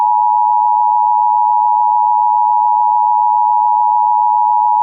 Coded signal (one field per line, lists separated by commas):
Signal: Emergency Alert System (SAME) tones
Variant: 853 and 960 Hz attention tone